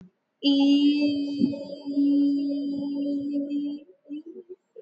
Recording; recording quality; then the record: sustained vowel as in beet; excellent, no background noise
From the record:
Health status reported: recovered from COVID-19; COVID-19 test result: negative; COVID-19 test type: RT-PCR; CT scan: not taken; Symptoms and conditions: none ticked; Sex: female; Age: 29 years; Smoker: no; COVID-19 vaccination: both doses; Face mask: worn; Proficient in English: yes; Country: India